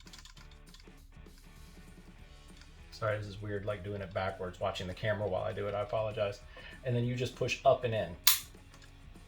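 During reassembly of a Rock Island Armory 1911 pistol, the steel slide stop (slide release) is pushed up and into its hole in the frame while someone talks. A single short click at 8.7 s marks the slide release popping into place, seated.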